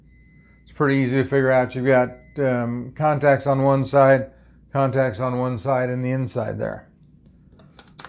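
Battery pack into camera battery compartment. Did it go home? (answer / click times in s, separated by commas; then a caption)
yes / 8.0 s. A rechargeable battery pack is pushed into the battery compartment of a Panasonic Lumix FZ1000 camera until the retaining catch clicks over it and holds it in place. Someone talks for most of the clip, then a few faint handling sounds lead to the click at 8.0 seconds, and the battery is seated.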